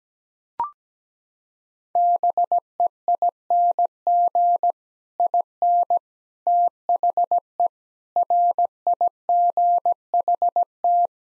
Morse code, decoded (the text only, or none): BEING IN THE RIGHT